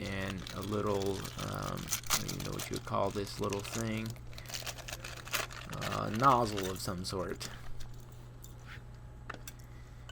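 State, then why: Not seated. A small plastic nozzle-like part and two springs that come with a new developing unit for a Konica Bizhub C754e copier are handled while someone talks, with crinkling and light tapping and clicking sounds from about 4.4 to 5.4 s and a few faint ticks near the end. Nothing has seated or clicked into place yet.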